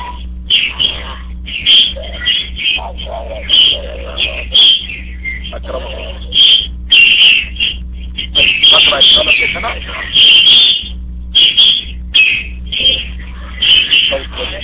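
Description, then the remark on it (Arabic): Sparrows chirp loudly and almost nonstop, a dense chatter of short, high-pitched calls in overlapping bursts, with a steady low electrical hum underneath. “لأن هناك صوت العصافير، صوت العصافير شيخنا مرتفع.”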